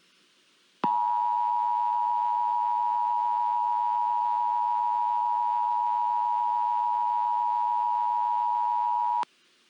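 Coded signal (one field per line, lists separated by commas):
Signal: Emergency Alert System (SAME) tones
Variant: 853 and 960 Hz attention tone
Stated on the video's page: Fictional EAS scenario about an extreme tornado, a Halloween special.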